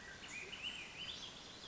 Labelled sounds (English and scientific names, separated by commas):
Swainson's Thrush (Catharus ustulatus)